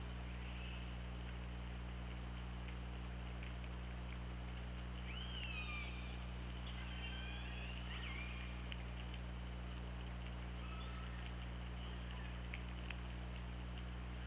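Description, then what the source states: Killer whale calls: a burst of curving, rising and falling squeals with harmonics in the middle, scattered clicks, over persistent low hum. Recorded on the OrcaLab hydrophone, 24 August 2017 at 08:08.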